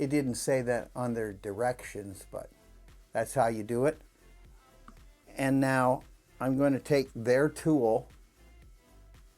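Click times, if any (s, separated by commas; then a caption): none. Someone talks while picking up the reset tool and bringing it to a Kwikset Smart Key lock cylinder before pushing it in. Only faint handling sounds are heard between the words, and nothing has clicked or reset yet.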